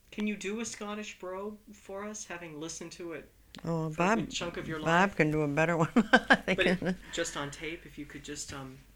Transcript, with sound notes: Can you do a Scottish brogue for us, having listened to it for a good chunk of your life?
Oh, Bob, Bob can do a better one than I can. (she laughs)
But just on tape, if you could just